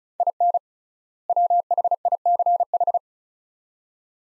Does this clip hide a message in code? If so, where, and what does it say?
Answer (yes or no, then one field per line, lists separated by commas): yes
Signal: Morse code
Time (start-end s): 0.2-3.0 s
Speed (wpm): 36 wpm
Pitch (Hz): 700 Hz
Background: none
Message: IN WHICH